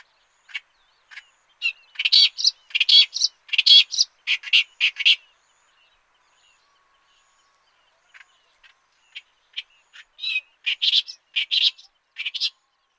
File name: Clamorous Reed Warbler